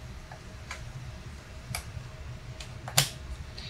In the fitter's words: and again just you hear those two clicks